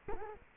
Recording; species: mosquito wingbeat signal from an infrared sensor; Culex quinquefasciatus